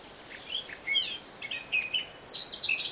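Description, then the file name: Eurasian blackcap song, a few slurred whistled notes followed by a louder, higher warbled phrase, over constant background hiss. "Sylvia atricapilla"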